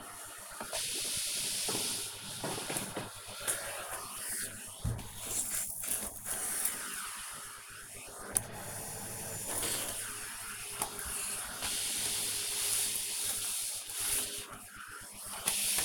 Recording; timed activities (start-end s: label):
household activities, microphone on the right wrist
0.00-15.85 s: vacuum cleaning